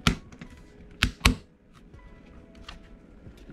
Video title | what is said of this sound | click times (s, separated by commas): How to Disassemble and Assemble an SSD in ROG Ally X? - ASUS SUPPORT | Deverá ouvir um clique quando a tampa estiver totalmente colocada no sítio | 0.1 s, 1.0 s, 1.3 s